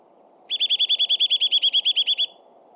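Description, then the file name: Eurasian nuthatch giving a fast, even trill of many ringing notes, ending abruptly, with low continuous background noise. "Sitta europaea"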